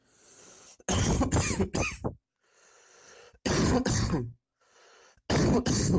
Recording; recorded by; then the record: voluntary cough; messaging app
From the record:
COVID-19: positive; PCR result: self-reported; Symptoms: no